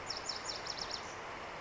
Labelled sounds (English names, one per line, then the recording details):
Lazuli Bunting
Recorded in Sonoma County, California